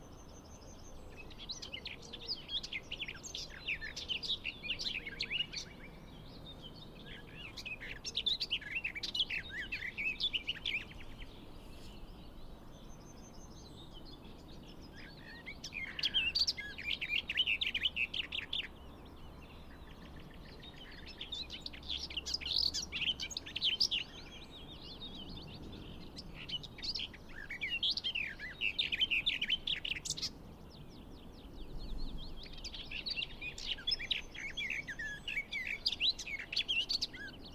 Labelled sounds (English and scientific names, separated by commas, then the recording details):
Garden Warbler (Sylvia borin) song
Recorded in the wild
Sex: male
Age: adult
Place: Hobrechtsfelder Rieselfelder, Naturpark Barnim, Berlin, DE
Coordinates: 52.6683, 13.4678
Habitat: hedge
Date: 2008-05-03
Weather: fair, ca. 15°C, weak south-westerly winds
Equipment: Sound Devices 702, Sennheiser MKH 70, Windkorb
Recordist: Frommolt, Karl-Heinz
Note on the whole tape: Heckenreihe im Westen des großen Reinigungsteiches: Gesang einer Gartengasmücke in der Spitze eines Ahornbaumes. Tier gesehen. Entfernung 22 m